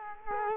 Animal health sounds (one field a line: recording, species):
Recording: mosquito wingbeat signal from an infrared sensor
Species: Culex quinquefasciatus